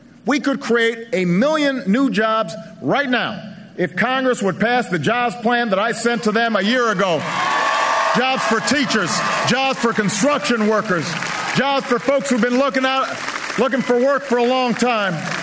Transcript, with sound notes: we could create a million new jobs right now if Congress would pass the jobs plan that I sent to them a year ago. (CHEERING AND APPLAUSE) Jobs for teachers, jobs for construction workers, jobs for folks who have been looking out—looking for work a long time.